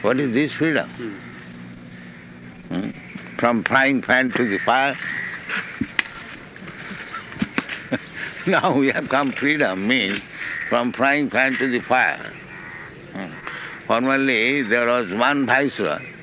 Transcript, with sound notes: What is this freedom? From frying pan to the fire? [chuckles] Now we have come freedom means from frying pan to the fire. Formerly there was one viceroy.